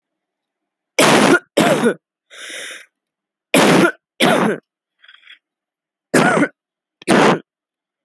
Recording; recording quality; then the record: heavy voluntary cough; excellent, no background noise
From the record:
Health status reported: exposed to COVID-19, no respiratory illness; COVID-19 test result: not tested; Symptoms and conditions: none ticked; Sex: female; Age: 20 years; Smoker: not ticked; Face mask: not worn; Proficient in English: yes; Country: India